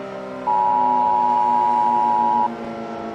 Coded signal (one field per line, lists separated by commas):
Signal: Emergency Alert System (SAME) tones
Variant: 853 and 960 Hz attention tone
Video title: The Alternate Universe: An EAS Scenario